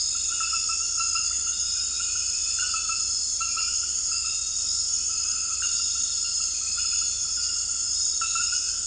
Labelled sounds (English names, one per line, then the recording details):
none
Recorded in dense forest near Puerto Asís, Putumayo, Colombia, on 19 February 2024 at 00:00
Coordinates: 0.484, -76.317
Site G6464